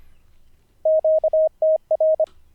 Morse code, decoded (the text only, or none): QTR